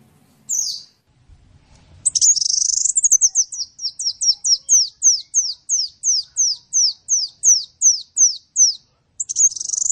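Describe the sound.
Bird song, high twittering followed by a long even series of sharp downslurred notes, about three per second, ending in a short high chatter.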